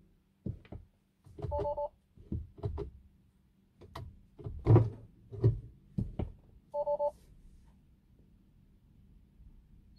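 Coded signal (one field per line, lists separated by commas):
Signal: beep code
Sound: two brief two-tone beep bursts separated by several seconds, surrounded by dull knocks and thumps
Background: handling thumps, clunks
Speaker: to beeps means that the range extender is on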